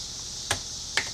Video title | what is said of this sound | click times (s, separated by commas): Remington 597 scope mount part I scope base.wmv | until it clicks | 0.5 s, 1.0 s